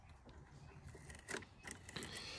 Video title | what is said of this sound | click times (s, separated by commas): Toyota 4.7 V8 Secondary Air Injection System Bypass (SLYFOX KIT)- 4th Gen 4Runner/Tundra/GX470 | not going anywhere it makes a nice little click | 2.0 s